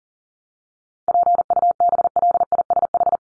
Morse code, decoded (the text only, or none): PUBLISH